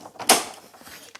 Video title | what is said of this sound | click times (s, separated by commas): HP DeskJet Plus 4120 Printer Review & Setup | push it home and see here a click | 0.3 s